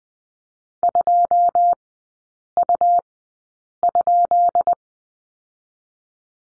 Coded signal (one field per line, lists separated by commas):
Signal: Morse code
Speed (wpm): 20 wpm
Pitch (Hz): 700 Hz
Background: none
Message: 2U?